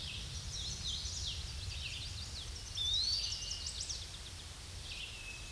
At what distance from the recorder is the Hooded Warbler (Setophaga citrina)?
about 50 m